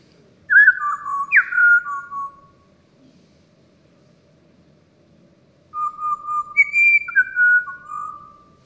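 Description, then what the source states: Pied Butcherbird song: clear, mellow fluting whistles with slides and stepped descending notes, two short phrases separated by a few seconds of quiet. Produces many overtones stacked above each other rather than a single tone.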